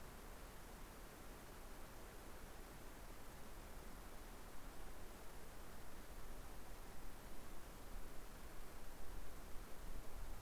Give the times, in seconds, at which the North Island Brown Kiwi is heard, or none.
none